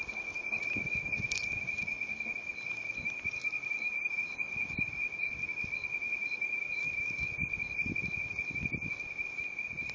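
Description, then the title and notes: Cricket chorus, a steady unbroken high-pitched trill running throughout, with soft low rumbles underneath. Crickets calling at night at Praia de Saquarema. "Nightly Crickets at Praia De Saquarema by roelven"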